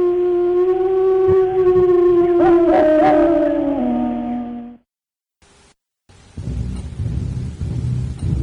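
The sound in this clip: Wolf howl: a long, steady, drawn-out tone that wavers and then slides lower before breaking off, followed by a brief silence and rough background noise.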